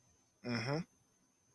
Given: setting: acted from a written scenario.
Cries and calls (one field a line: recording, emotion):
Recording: vocal sound without words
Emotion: neutral